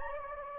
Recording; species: mosquito wingbeat signal from an infrared sensor; Anopheles gambiae